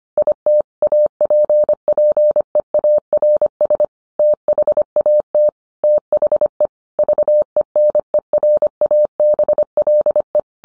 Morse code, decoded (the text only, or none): IT APPEARS THAT THE VENERABLE